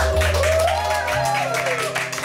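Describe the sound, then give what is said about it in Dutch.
Steady, dense applause on the NPO Radio 1 show Nooit Meer Slapen crackles throughout at a fairly loud level, with a smooth gliding melodic tone and a low hum running beneath the clapping. “Ja, ja, met applaus werkt hij ook.”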